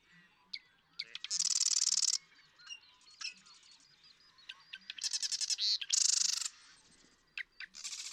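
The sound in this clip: Marsh Wren song: repeated phrases of clicks and sputtering notes leading into harsh, buzzy rattles.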